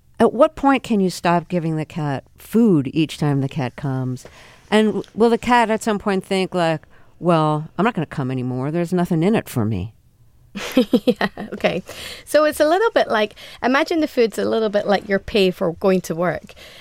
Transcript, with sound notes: at what point can you stop giving the cat food each time the cat comes and will the cat at some point think like, well, I'm not going to come any more, there's nothing in it for me?
(Laughter) Yeah. OK. So it's a little bit like - imagine the food - it's a little bit like your pay for going to work.